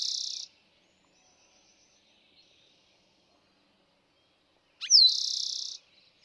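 Eastern towhee song, the end of one trill at the start, then after about four quiet seconds a full phrase of short notes and a fast trill.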